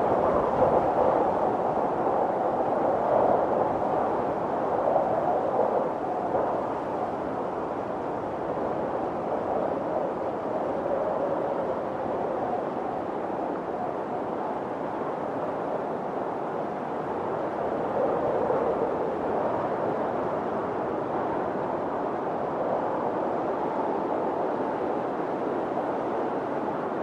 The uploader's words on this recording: Snowy Countryside. Sounds of a countryside during a snowstorm - soft winds blowing through the trees.